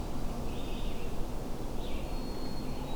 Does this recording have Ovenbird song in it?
no